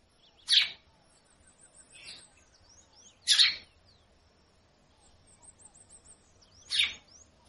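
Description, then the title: Red-cowled cardinal giving loud, harsh, rasping calls about every three seconds, with faint high twittering between them. Female calling persistently, used to stimulate ('warm up') birds. "Canto Galo Campina Fêmea. fêmea de galo - de - chamando muito para esquentar"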